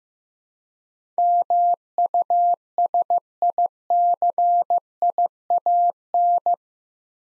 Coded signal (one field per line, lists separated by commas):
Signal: Morse code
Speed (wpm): 15 wpm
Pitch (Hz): 700 Hz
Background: none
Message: MUSICIAN